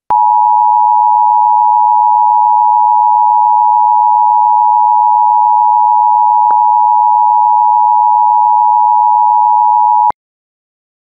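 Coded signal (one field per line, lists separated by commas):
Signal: Emergency Alert System (SAME) tones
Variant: 853 and 960 Hz attention tone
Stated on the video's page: Fictional Emergency Alert System scenario made as a prank, not a real broadcast.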